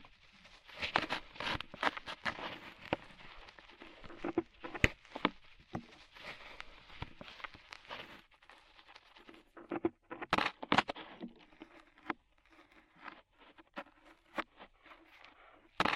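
Ear cleaning sounds, with rhinestones and clay being picked and peeled away in a dense run of crackles, scrapes and sharp clicks. The activity is busiest in the first eight seconds, then turns sparser, with brief pauses and a few loud snapping taps around ten and eleven seconds.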